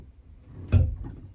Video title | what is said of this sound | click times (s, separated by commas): Fixing Dripping Shower | there we go it's in there you hear that little well I don't know if you heard the snap or not | 0.7 s